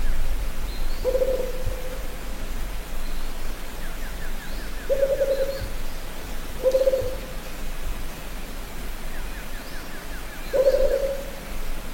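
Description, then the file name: Rufous-capped motmot song: four short, low, hollow hoots spaced irregularly over twelve seconds, with faint rapid trilled notes from another bird and low background rumble. "Canto da juruva"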